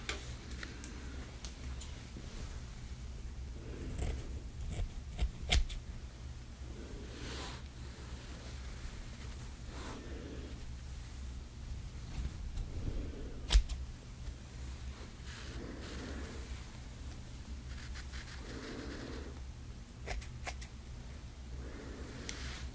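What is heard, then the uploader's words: Gentle hair styling over a steady low hum that runs throughout. Soft brushing strokes swell and fade every couple of seconds, and a few sharp clicks stand out, the loudest near the middle. ASMR Gentle Hair Styling • Realistic ASMR • No Talking • Brushing, Shampoo, Blowdry, Scissors, Flat Iron.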